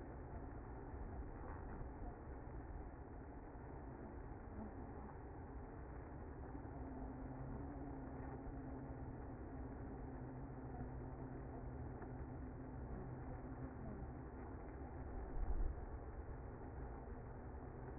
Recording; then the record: honeybee colony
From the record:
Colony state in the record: active